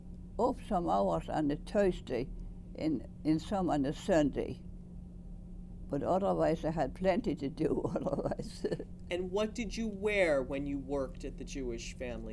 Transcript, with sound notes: off some hours on the Thursday and, and some on the Sunday. But otherwise I had plenty to do, otherwise. (Chuckles)
And what did you wear when you worked at the Jewish family's house?